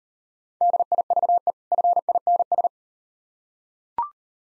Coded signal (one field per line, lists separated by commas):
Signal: Morse code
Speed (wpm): 38 wpm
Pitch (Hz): 700 Hz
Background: none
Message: DIVE FINS